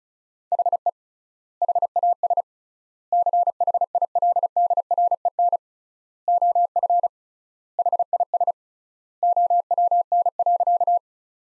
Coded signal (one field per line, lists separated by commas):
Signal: Morse code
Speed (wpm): 34 wpm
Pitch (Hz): 700 Hz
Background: none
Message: HE HAS CHILDREN OF HIS OWN.